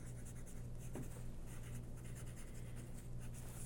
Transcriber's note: the sound of writing and whispering can be heard on the tape